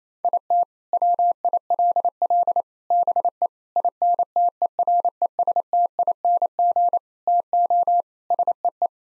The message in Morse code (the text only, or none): IT WILL BE INTERESTING TO SEE